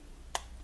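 A rubber dust boot is pressed onto the brake caliper piston of a 2004 Dodge Dakota while the caliper is being rebuilt. After working the boot's rubber flaps into place, a single sharp snap is heard at 0.4 s. The boot is seated on the caliper, which is the correct result.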